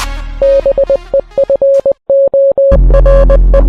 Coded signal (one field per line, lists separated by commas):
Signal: Morse code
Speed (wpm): 20 wpm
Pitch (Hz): 550 Hz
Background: music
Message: BEFORE